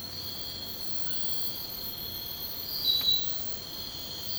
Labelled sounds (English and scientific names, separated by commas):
none